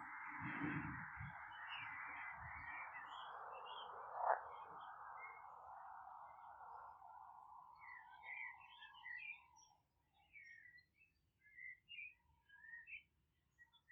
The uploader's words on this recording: Relaxing music of nature from a Polish garden in the countryside. Singing birds and croaking frogs from at the polish village sound wonderful and amazing.